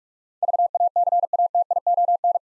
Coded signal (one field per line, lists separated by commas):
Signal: Morse code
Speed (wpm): 46 wpm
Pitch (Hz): 700 Hz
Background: none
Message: VACATION